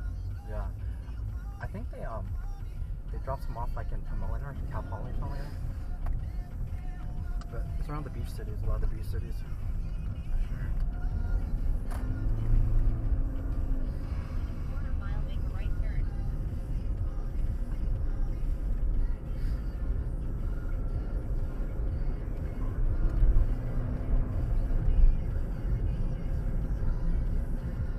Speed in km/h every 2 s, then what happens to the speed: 5, 18, 23, 27, 21, 24, 35, 42, 44, 45, 47, 53, 60, 61.
0-5 speeds up to 27. 9-24 speeds up to 60.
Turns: 7-10, 16-23.